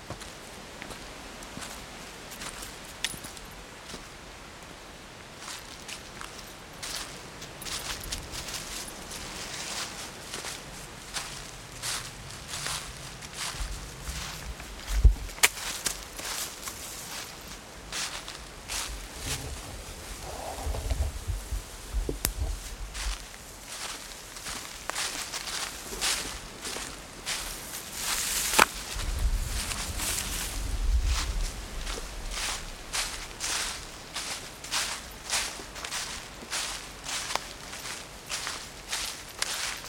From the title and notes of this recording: The delicious sound of feet crunching on fallen leaves in an ancient woodland. Enjoy an autumn dog walk through a beech and oak woodland and listen to feet crunching on leaves while the wind seethes through the canopy. Recorded by Fergus Collins.